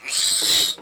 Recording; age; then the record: pig call; piglet (1 to 25 days)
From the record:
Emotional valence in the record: negative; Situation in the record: castration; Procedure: castration, shear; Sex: male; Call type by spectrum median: high-frequency call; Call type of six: high-frequency modulated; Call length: 0.82 s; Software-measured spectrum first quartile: 3858 Hz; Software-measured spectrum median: 5216 Hz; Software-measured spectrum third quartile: 8059 Hz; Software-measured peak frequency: 3903 Hz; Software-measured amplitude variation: 139 dB a second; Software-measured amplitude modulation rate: 23.6 a second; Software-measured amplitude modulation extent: 5.9 dB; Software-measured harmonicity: 3.6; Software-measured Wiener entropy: -1.99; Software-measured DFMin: 1157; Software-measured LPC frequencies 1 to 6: 2107, 3913, 8164, 10590, 11510, 13319 Hz